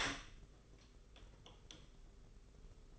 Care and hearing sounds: daily activity, microphone in the room; open door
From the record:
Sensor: 4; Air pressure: 991.3 hPa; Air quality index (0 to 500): 134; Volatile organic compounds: 48 ppm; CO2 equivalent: 3266 ppm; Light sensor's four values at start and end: 9/21/8/9 and 14/35/13/15

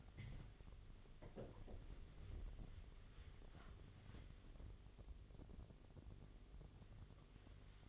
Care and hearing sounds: daily activity, microphone in the room; wipe stove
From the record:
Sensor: 4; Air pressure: 1007.9 hPa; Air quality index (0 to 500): 194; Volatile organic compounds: 6 ppm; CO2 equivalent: 1936 ppm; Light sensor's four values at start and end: 23/72/27/26 and 22/71/27/26

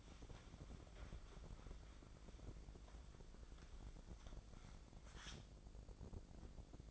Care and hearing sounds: daily activity, microphone in the room; wipe stove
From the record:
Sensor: 5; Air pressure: 1012.4 hPa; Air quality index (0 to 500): 157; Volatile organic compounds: 2 ppm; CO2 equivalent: 1071 ppm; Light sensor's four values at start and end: 192/459/196/226 and 192/458/196/224

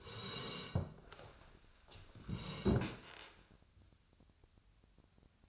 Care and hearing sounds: daily activity, microphone in the room; sit down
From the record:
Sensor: 2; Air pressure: 1015.1 hPa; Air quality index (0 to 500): 164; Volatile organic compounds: 9 ppm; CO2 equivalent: 2135 ppm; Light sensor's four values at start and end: 10/29/11/13 and 12/32/12/14

